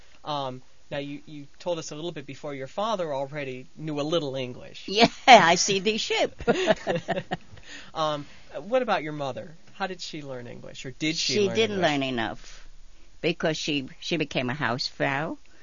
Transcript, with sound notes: Now, you told us a little bit before, your father already knew a little English.
Yeah. "I see the ship." ( they laugh )
What about your mother? How did she learn English, or did she learn?
She didn't learn enough, because she became a housefrau.